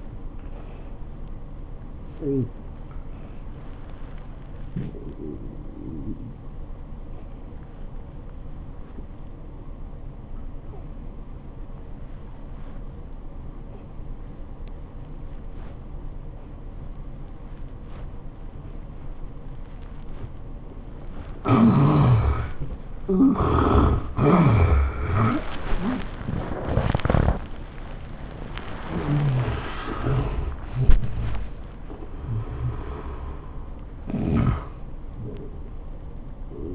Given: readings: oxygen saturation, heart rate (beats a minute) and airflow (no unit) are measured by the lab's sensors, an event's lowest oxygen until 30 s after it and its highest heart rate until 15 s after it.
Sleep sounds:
breathing in sleep by a smartphone at the bedside; 1
5.00-22.20 s: obstructive apnea (N1, oxygen 71% highest, then 69% lowest, heart rate 101 at the start, 111 highest)
From the record:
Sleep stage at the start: N1 (lightest sleep); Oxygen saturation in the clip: 69 to 76%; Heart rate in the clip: 80 to 111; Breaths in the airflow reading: 3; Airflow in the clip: -22.3 to 14.0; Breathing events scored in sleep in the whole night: 403 in 5.5 hours asleep

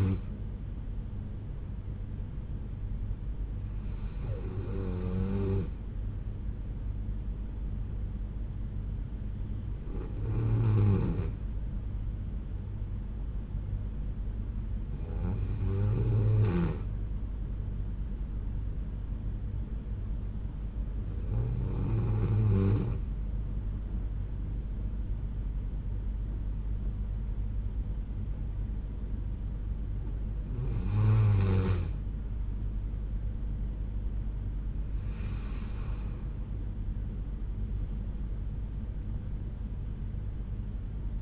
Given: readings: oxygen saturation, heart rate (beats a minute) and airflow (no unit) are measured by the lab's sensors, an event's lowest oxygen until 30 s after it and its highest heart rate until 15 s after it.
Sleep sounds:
breathing in sleep by a smartphone at the bedside; 1
10.00-40.00 s: new sleep stage, N1 (lightest sleep)
16.00-33.40 s: hypopnea (N1, oxygen 93% highest, then 90% lowest, heart rate 63 at the start, 80 highest)
40.00-41.22 s: new sleep stage, N2 (light sleep)
From the record:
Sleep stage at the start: N2 (light sleep); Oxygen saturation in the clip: 91 to 93%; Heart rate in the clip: 63 to 78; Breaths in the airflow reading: 7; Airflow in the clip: -7.5 to 8.9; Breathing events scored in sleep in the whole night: 368 in 8.0 hours asleep

